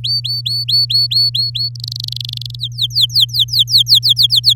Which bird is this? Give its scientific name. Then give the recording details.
Serinus canaria. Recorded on 11 May 2018 at 06:18. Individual llb16